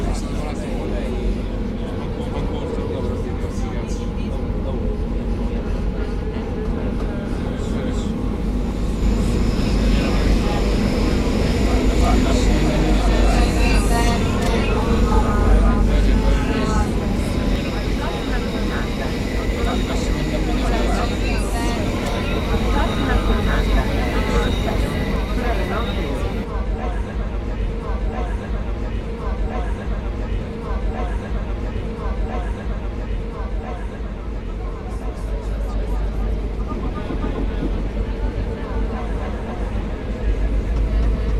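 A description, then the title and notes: A metro ride in Rome, with a steady low rumble of the train filling the whole recording. Voices of passengers talk over the din, and from about 10 to 26 seconds the noise swells louder with bright screeching from the rails before settling back. The original recording of the Metro ride in Rome is very specifically located while also having echoes of travel that are characteristic of cities around the world.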